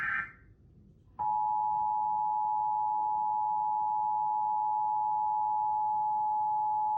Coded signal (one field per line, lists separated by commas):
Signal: Emergency Alert System (SAME) tones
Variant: 853 and 960 Hz attention tone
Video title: EAS: NYC Required Monthly Test on 5 Different TV Stations (WCBS, WNBC, WABC, WPIX, WPXN)